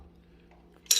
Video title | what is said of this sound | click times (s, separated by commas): Door/ Mirror Audi Volkswagen MQB MK7 A3 S3 A3 | you want to get it to like maybe up to here then you start shimming it until you hear a pop | 0.9 s